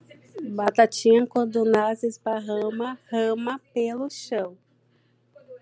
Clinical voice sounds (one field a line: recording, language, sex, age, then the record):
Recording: short text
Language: Brazilian Portuguese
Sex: female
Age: 30 to 39 years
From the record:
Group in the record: control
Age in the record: 37 years